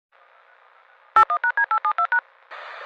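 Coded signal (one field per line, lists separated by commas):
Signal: DTMF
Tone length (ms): 90 ms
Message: 81#D872#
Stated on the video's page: Fictional EAS scenario, not a real alert.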